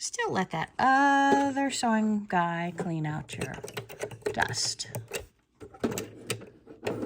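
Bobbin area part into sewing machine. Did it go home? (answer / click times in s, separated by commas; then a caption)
yes / 6.3 s. A part is being fitted back into the bobbin/hook area of a sewing machine after the lint has been cleaned out. Someone talks, then a series of small plastic and metal clicks is heard. The part pops into place at 6.3 s.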